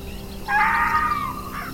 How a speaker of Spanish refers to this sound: Ahora escuchemos los pajaritos. Pájaro volando. Sí, se escucha.